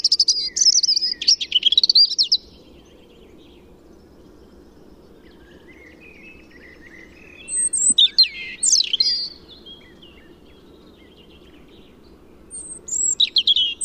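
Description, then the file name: European robin singing three warbled phrases of high, sliding whistles and rapid trills, separated by several seconds of quiet. "Erithacus rubecula"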